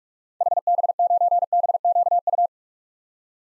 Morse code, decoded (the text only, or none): HB9BQU